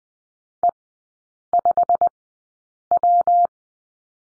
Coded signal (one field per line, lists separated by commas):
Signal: Morse code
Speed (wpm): 20 wpm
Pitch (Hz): 700 Hz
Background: none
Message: E5W